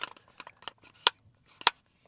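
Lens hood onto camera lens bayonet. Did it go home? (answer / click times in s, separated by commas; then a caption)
no / none. A bayonet lens hood is fitted onto the front of a camera lens and twisted, making a series of light plastic scrapes and small taps, with two sharper taps near 1.1 and 1.7 seconds. The hood has not clicked or locked into place.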